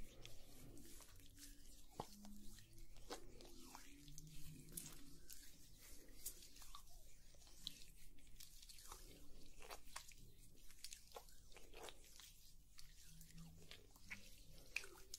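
Oil massage and facial sounds: frequent small wet clicks and slick taps scatter across the whole stretch, sometimes bunching together. Underneath runs a steady low hum with soft shifting tones, keeping the overall level fairly even throughout.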